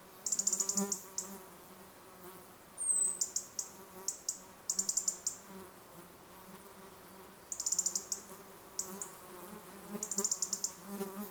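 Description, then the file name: European robin giving high, rapid ticking bursts and one thin falling whistle, spaced irregularly over a constant low hum. "Erithacus rubecula"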